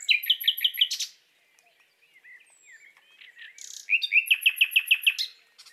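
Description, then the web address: Common nightingale song: rapid repeated notes in loud bursts, a quiet pause with soft twitters, then another fast series of repeated chirping notes. Courting song. "annee nature rossignol amoureux"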